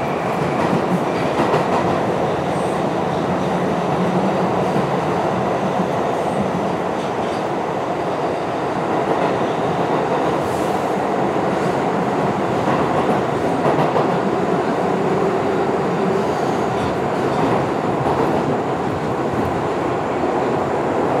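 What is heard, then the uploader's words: A subway train rolls along with a steady, dense low rumble and rattle from start to finish, the loudness barely changing. Faint clicks and brief squeaks from the wheels and car surface now and then above the constant roar of the ride. Sounds of a subway ride. This episode features only natural sounds with no dialogue or voice.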